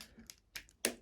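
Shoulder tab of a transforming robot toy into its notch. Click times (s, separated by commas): 0.8 s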